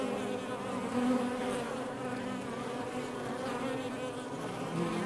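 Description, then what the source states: Honey bee buzzing, a continuous low droning chorus of many bees with shifting overlapping pitches, steady throughout. Recorded outside the hive.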